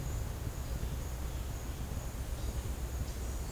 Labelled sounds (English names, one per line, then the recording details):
none
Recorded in secondary vegetation near Puerto Asís, Putumayo, Colombia, on 20 December 2024 at 11:30
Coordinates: 0.499, -76.323
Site G010